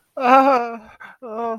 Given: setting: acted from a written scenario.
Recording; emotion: vocal sound without words; distress